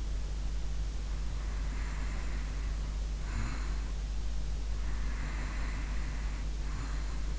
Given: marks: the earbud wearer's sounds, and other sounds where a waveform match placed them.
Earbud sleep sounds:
sounds in sleep by an in-ear microphone; breath
1.42-3.97 s: breath
4.91-7.39 s: breath

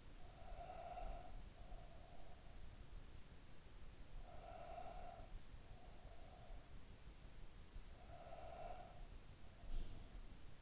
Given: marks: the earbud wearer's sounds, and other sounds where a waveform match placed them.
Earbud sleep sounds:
sounds in sleep by an in-ear microphone; breath
0.00-2.96 s: breath
4.07-7.00 s: breath
7.81-10.62 s: breath

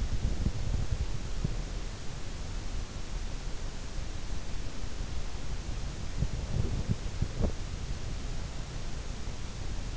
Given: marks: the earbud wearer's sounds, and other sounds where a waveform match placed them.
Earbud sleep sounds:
sounds in sleep by an in-ear microphone; body movement
0.00-1.98 s: body movement
6.20-7.76 s: body movement

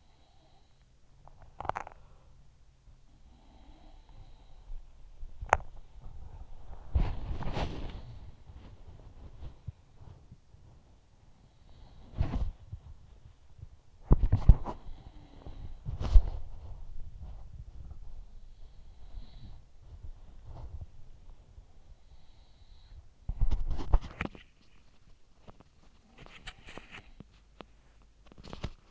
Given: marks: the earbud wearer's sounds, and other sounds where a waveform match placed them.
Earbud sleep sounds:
sounds in sleep by an in-ear microphone; teeth grinding, breath, body movement
0.00-2.32 s: sound from someone else or the room
1.45-1.96 s: teeth grinding
1.45-2.56 s: breath
4.99-28.91 s: body movement
6.61-9.10 s: sound from someone else or the room
11.35-13.61 s: sound from someone else or the room
14.40-16.77 s: sound from someone else or the room
18.64-21.22 s: sound from someone else or the room
21.55-24.01 s: sound from someone else or the room
25.73-28.14 s: sound from someone else or the room

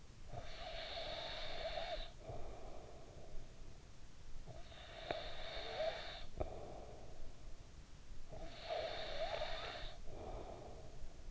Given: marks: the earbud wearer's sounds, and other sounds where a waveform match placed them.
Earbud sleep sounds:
sounds in sleep by an in-ear microphone; snoring breath
0.00-4.17 s: snoring breath
4.40-7.77 s: snoring breath
8.03-11.31 s: snoring breath

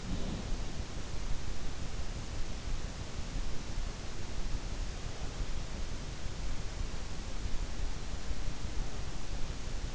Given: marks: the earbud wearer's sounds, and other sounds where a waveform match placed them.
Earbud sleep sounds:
sounds in sleep by an in-ear microphone; breath
0.00-0.59 s: breath

